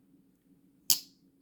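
The curved blade of a two-blade slip-joint pocket knife, a curved jack, is closed into the handle, and the backspring pulls it shut on its own. Against a faint low steady hum, one sharp, bright snap rings at 0.9 s and fades quickly. The blade is fully seated shut.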